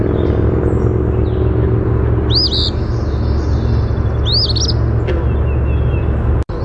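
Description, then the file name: Eastern phoebe song: two burry, hiccuping two-part phrases about two seconds apart over loud, constant low traffic rumble. "EAPH song"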